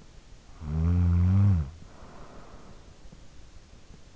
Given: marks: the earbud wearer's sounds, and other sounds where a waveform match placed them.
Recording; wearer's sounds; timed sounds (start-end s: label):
sounds in sleep by an in-ear microphone; snoring breath
0.30-3.35 s: snoring breath